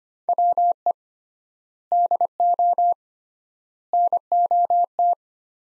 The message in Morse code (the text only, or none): WE DO NOT